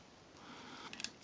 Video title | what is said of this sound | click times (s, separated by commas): Transformers Beast Machines SCAVENGER Review | so they're gonna click into place like so | 0.9 s, 1.0 s